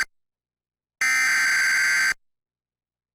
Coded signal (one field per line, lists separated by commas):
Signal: Emergency Alert System (SAME) tones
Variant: header bursts